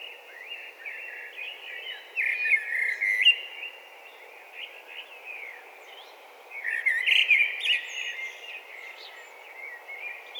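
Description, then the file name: Eurasian blackbird singing two loud warbled phrases with high twittering ends, softer warbling between them, over a steady hissing background. "Turdus merula"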